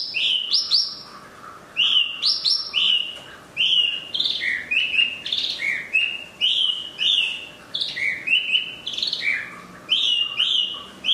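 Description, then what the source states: Chinese hwamei song: a long sequence of loud, melodious whistles, mostly rising and slurred, delivered in quick, irregular phrases. Used for training cage birds (omkicau).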